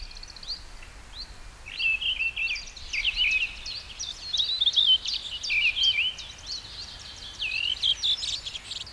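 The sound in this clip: Bird singing a long, lively jumble of high twittering and warbling notes, nearly continuous with short breaks, against soft steady background noise.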